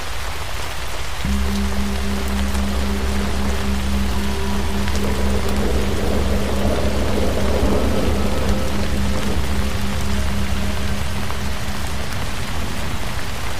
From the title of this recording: Tibetan Singing Bowls With Thunderstorm White Noise